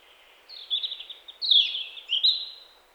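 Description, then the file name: European robin giving thin, high twittering phrases with short downward and level notes, in a few bursts over about three seconds over a faint steady hiss. "Erithacus rubecula"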